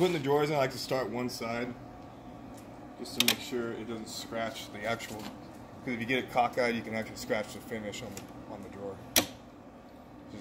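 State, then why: Seated. Someone talks while a storage drawer in a Delta model unit is put in one side first so it won't scratch the door's finish. The drawer is then pushed back into the front locks. At 9.2 s its latch snaps into the front lock with one sharp hit, the sign that the drawer is set.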